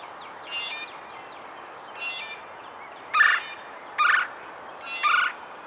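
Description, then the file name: Red-bellied woodpecker, three loud harsh rolling calls about a second apart, preceded by fainter calls. "Melanerpes carolinus - Red-bellied Woodpecker"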